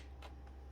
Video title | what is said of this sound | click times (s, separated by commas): Dyson DC28 AirMuscle In-Depth Vacuum Cleaner Review Retrospective - Intellitech Studios | And you push it back on until it clicks into place. | 0.2 s